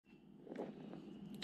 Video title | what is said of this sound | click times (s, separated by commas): Size Matters, How to make your own Servo Extensions and test them | you'll just push that over until it clicks and it locks on. | 1.4 s